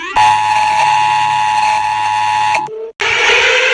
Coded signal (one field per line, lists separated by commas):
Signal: Emergency Alert System (SAME) tones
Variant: 853 and 960 Hz attention tone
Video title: EAS Alarms animated part 2￼